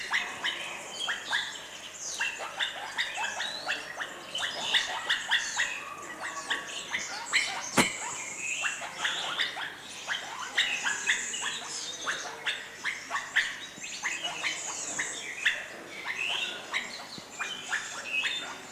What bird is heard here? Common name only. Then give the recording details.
Palawan Peacock-Pheasant. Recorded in captivity. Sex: male. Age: adult. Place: Zoo Berlin, Berlin, DE. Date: 2004-09-17 13:43. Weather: sonnig, 19°C. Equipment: Sony WM-D6C, Sennheiser ME 80, Kopie Uher 4000 Report Monitor. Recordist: Tembrock, Günter